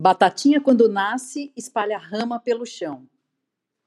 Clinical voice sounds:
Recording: short text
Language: Brazilian Portuguese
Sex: female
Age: 50 to 59 years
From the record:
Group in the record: control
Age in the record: 56 years

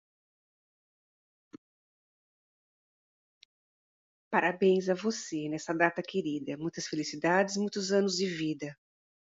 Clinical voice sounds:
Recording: short text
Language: Brazilian Portuguese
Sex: female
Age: 50 to 59 years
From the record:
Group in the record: control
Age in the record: 59 years

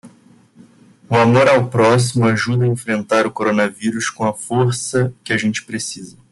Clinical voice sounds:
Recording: spoken sentence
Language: Brazilian Portuguese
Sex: male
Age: 20 to 29 years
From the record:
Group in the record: control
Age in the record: 25 years

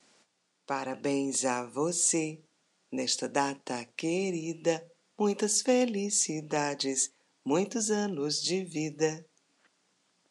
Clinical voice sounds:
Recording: short text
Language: Brazilian Portuguese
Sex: female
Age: 50 to 59 years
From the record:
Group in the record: control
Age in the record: 55 years

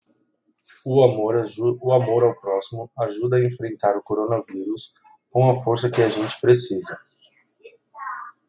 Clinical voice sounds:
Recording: spoken sentence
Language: Brazilian Portuguese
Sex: male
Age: 20 to 29 years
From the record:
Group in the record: control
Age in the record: 27 years

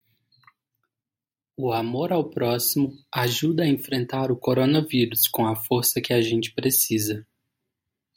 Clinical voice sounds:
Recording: spoken sentence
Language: Brazilian Portuguese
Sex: male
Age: 20 to 29 years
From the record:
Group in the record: control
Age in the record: 27 years

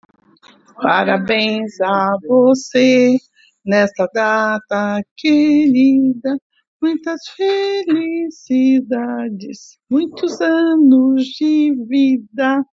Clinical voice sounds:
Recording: short text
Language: Brazilian Portuguese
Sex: female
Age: 70 to 79 years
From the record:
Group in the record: control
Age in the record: 71 years

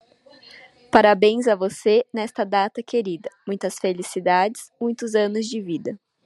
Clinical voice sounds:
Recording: short text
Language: Brazilian Portuguese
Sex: female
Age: 20 to 29 years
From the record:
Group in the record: control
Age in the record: 25 years

